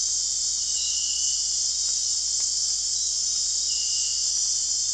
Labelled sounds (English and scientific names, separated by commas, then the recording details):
none
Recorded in dense forest near Puerto Asís, Putumayo, Colombia, on 4 March 2025 at 23:00
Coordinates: 0.499, -76.324
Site GP03